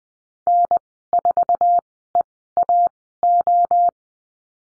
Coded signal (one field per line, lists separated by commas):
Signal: Morse code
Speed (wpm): 20 wpm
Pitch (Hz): 700 Hz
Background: none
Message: N4EAO